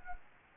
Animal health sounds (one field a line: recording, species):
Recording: mosquito wingbeat signal from an infrared sensor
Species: Anopheles gambiae